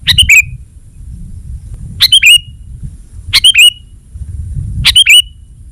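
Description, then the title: Sooty-headed bulbul song: four quick bubbly phrases of chirps and short whistles, spaced about one and a half seconds apart, with low rumbling noise. "kutilang"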